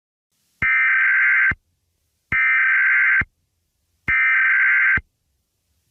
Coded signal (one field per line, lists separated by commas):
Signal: Emergency Alert System (SAME) tones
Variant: header bursts